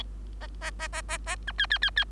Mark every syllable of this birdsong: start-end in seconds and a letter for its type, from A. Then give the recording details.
0.40-0.47 A, 0.61-0.71 A, 0.79-0.88 A, 0.92-1.02 A, 1.08-1.18 A, 1.26-1.36 A, 1.47-1.52 B, 1.58-1.67 C, 1.70-1.78 C, 1.82-1.90 C, 1.96-2.04 C. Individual Bird3